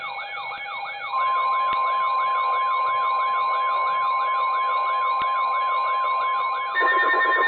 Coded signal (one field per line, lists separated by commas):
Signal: Emergency Alert System (SAME) tones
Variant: 1050 Hz attention tone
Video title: EAS Alerts 4/15/2023